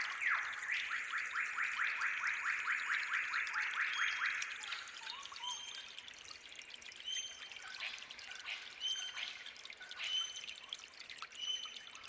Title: Suara Gemercik Air Dan Kicau Burung Hutan Di Saat Fajar